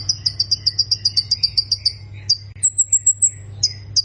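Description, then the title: Plain prinia song: a fast series of high, clipped notes, broken by a thin, higher trill before a few notes resume. A steady low hum runs underneath. "Ciblek Sawah"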